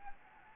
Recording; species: mosquito wingbeat signal from an infrared sensor; Anopheles gambiae